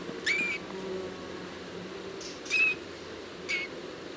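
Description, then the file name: Eurasian bullfinch giving soft, short whistled piping notes, three calls at uneven intervals. "Pyrrhula pyrrhula"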